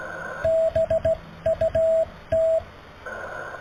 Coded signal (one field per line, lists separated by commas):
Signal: Morse code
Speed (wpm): 15 wpm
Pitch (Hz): 650 Hz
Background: radio noise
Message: BUT